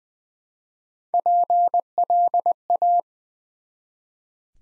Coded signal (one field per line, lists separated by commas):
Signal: Morse code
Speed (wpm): 20 wpm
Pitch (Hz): 700 Hz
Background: none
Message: PLA